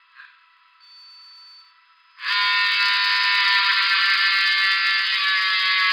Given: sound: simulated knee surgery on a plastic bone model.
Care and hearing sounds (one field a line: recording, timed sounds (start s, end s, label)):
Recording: surgical tools on bone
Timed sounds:
2.28	5.93	sawing